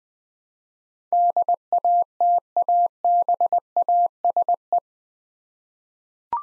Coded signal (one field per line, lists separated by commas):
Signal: Morse code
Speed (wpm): 20 wpm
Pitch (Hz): 700 Hz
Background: none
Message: DATABASE